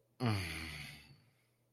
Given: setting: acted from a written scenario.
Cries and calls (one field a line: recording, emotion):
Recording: vocal sound without words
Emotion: contentment